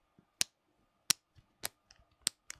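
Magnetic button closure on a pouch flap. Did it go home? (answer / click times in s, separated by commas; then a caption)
yes / 0.4 s, 1.1 s, 2.3 s. A magnetic button closure on the flap of a leather pouch made in China is snapped shut several times. Sharp, bright clicks ring out at 0.4, 1.1 and 2.3 seconds, with softer ticks and handling noises in between. The closure clicks shut each time.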